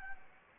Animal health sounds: mosquito wingbeat signal from an infrared sensor; Anopheles gambiae

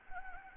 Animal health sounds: mosquito wingbeat signal from an infrared sensor; Anopheles gambiae

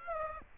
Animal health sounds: mosquito wingbeat signal from an infrared sensor; Aedes aegypti

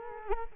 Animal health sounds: mosquito wingbeat signal from an infrared sensor; Culex quinquefasciatus

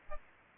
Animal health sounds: mosquito wingbeat signal from an infrared sensor; Aedes aegypti

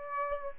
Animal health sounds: mosquito wingbeat signal from an infrared sensor; Aedes aegypti

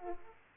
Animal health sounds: mosquito wingbeat signal from an infrared sensor; Aedes aegypti

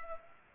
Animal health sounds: mosquito wingbeat signal from an infrared sensor; Culex pipiens

